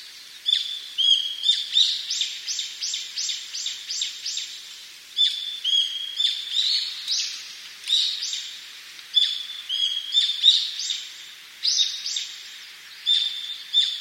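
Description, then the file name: Brown-eared bulbul uttering a long series of piercing, scratchy notes in quick clusters, sometimes drawn into a flat whistled tone, continuing throughout with short gaps. "hiyodori"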